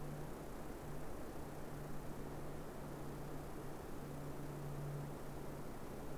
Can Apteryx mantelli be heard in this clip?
no